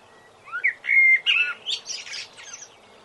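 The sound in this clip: Blackbird song: a rich rising whistle and a sustained fluted note, then a rapid high, scratchy twittering flourish fading out.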